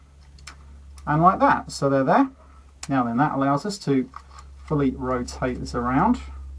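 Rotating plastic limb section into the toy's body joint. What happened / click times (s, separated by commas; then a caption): Plastic joint handled, not yet clicked into place / none. Someone talks while handling a plastic Transformers H.F.T.D. Banzai-Tron transforming robot toy, rotating a limb section toward the toy's body joint, with brief light ticks of handling near 0.4, 0.5 and 1.0 seconds. The section is still being turned, and nothing has seated or clicked into place yet.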